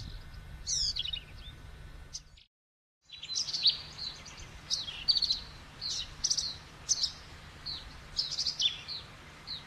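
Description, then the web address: Birds calling, many high thin chirps and short trills overlapping, with a steady low hum and a brief dropout early on. Many birds recorded in Texas on 29 May 2005, in the afternoon. "Texas Rare Part 1 Many Birds"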